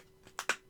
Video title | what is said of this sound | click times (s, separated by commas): stands V2 upgraded. 3 for 18 support the cause | clicks into place so basically you can have this like that right you can have it like that | 0.4 s, 0.5 s